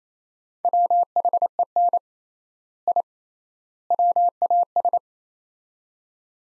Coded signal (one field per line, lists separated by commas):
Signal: Morse code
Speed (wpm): 28 wpm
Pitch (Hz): 700 Hz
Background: none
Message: WHEN I WAS